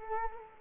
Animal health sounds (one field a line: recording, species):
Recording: mosquito wingbeat signal from an infrared sensor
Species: Culex quinquefasciatus